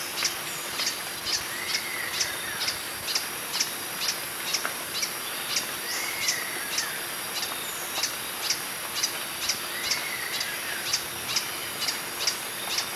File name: Phaethornis guy - Green Hermit